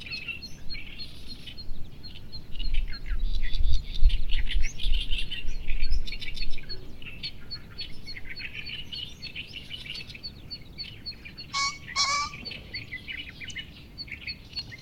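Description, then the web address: Birds twittering and chirping continuously, a high thin note repeated in a rapid series, briefly joined by low rumbling noise and a sharper louder call near the end. "yacho koe 190621"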